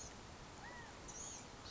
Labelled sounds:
California Quail (Callipepla californica)
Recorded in Sonoma County, California

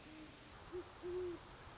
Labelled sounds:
Great Horned Owl (Bubo virginianus)
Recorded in Sonoma County, California

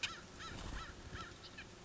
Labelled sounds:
American Crow (Corvus brachyrhynchos)
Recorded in Sonoma County, California

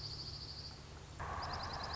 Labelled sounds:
Dark-eyed Junco (Junco hyemalis)
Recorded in Sonoma County, California

